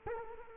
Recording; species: mosquito wingbeat signal from an infrared sensor; Culex quinquefasciatus